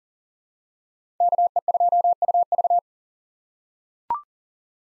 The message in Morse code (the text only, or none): KE2UV